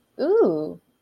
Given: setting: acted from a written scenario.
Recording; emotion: vocal sound without words; interest